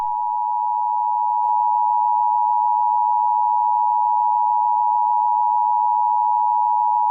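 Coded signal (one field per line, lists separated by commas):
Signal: Emergency Alert System (SAME) tones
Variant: 853 and 960 Hz attention tone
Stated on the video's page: Simulated EAS alert.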